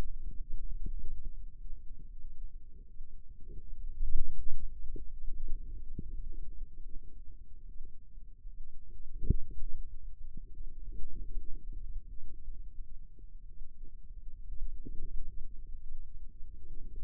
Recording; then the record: forearm muscle sounds (acoustic myography)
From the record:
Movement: radial deviation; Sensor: system 2, bracelet of six BSWA MPA416 microphones around the upper forearm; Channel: 5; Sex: female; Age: 25 years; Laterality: right